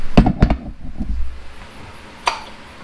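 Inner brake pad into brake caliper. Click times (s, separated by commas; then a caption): 2.3 s. An inner brake pad for a BMW 428i (F33) is lined up with the cutouts in the brake caliper and pushed straight back into the caliper piston. A cluster of sharp knocks from handling the pad sounds between 0.2 and 0.5 s, then a bright, sharp snap at 2.3 s. That snap is the pad's spring clip seating in the caliper.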